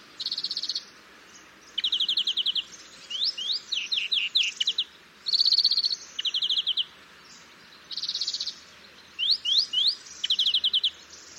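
European greenfinch calls, bursts of rapid trilled notes alternating with rising twittering phrases, repeated in groups with short gaps, over a low steady background hum.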